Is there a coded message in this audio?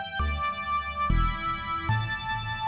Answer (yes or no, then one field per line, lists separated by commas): no